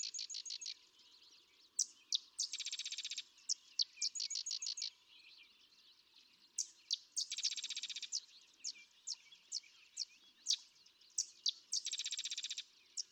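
Sedge wren singing dry, insect-like chattering trills broken by sharp single chips, with phrases repeated in a steady cycle over a faint background hiss.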